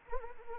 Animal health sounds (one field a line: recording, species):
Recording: mosquito wingbeat signal from an infrared sensor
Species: Anopheles arabiensis